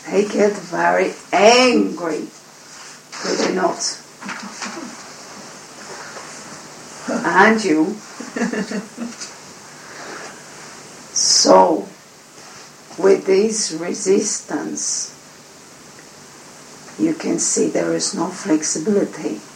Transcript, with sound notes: they get angry, do they not? Aren't you? (Laughter) So with this resistance you can see there is no flexibility.